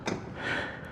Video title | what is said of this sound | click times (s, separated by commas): "Ếch ra khỏi giếng" - Zontes 368G V2 và những ấn tượng đầu tiên về người bạn mới này | There, you just heard another clicking sound. | 0.1 s